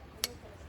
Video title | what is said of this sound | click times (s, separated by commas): ALLA SCOPERTA DI UN CAMPER 4X4 FORMATO FAMIGLIA_ TARTAN TRUCK | puedes dejarlo enganchado cuando se queda enganchado | 0.2 s